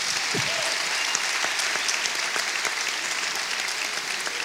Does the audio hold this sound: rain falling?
no